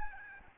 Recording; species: mosquito wingbeat signal from an infrared sensor; Aedes albopictus